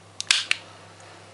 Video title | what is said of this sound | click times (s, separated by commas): I have one of these !! - God of War. | And you heard that click. The pin has gone all the way back in. | 0.3 s, 0.5 s